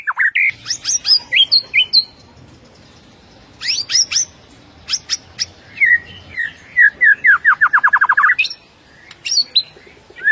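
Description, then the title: White-rumped shama song of downslurred whistles and sharp clicks, with a quick run of repeated notes. Masteran (training) track featuring full 'ngerol' and 'nembak' song styles. "Masteran Murai Batu Full Ngerol Nembak"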